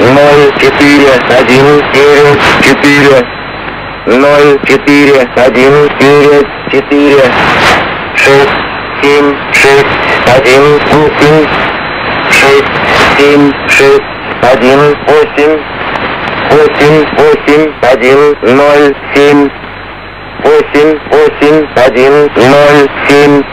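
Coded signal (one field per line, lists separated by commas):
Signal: numbers station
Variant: S06, Russian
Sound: a voice reading digits one by one in repeated five-digit groups over radio static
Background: radio static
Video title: Russian Numbers station, S06, 11616khz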